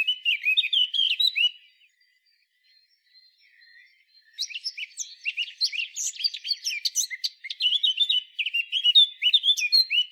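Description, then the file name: Eurasian blackcap warbling in quick scratchy and twittering phrases, falling nearly silent for a few seconds before resuming a dense, busy warble. "Sylvia atricapilla"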